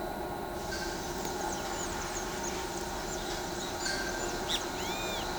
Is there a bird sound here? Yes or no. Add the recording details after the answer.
yes. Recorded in pastures near Pivijay, Magdalena, Colombia, on 15 April 2023 at 08:00. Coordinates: 10.456, -74.369. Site P6-G026